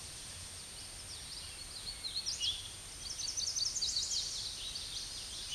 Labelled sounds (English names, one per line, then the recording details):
Hooded Warbler song
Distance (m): 45 m
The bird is about 10 m above the microphone
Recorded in a Pennsylvania forest on 16 May 2024 at 08:20
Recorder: AudioMoth, point MSD-2494
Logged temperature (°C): 15.6 °C
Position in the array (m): 175 m, 126 m